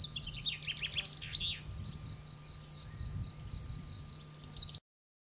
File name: Pinson des arbres Common Chaffinch Buchfink Fringilla coelebs